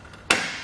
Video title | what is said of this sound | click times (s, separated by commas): etrailer - Fit Verified: Kuat Sherpa 2.0 Bike Rack for 2 Bikes on a 2016 Mazda CX-5 | to bring it back to position you just lift it up and it snaps back into place | 0.3 s